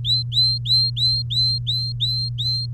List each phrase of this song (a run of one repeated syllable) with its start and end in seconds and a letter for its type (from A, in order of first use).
0.05-2.66 A